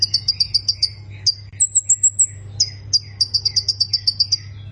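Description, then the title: Plain prinia giving bursts of quick, high, ticking chirps broken by a thin wavering whistle, with a steady low hum throughout. "Ciblek Sawah"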